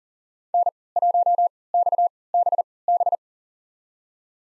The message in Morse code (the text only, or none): N1XBB